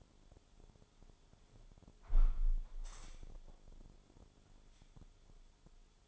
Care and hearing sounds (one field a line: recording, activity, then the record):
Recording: daily activity, microphone in the room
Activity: close window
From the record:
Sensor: 5